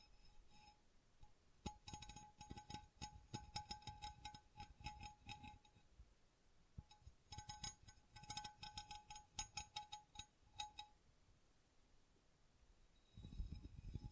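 Tingly tapping and scratching in quick, irregular bursts with bright clinks and a steady ringing tone, pausing near ten seconds before a low rumble.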